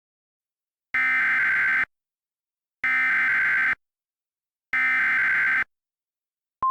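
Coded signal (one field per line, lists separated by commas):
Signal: Emergency Alert System (SAME) tones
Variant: header bursts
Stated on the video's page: Fictional EAS scenario, produced in Movie Maker 2012.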